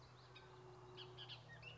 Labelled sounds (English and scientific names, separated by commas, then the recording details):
Bullock's Oriole (Icterus bullockii)
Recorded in Sonoma County, California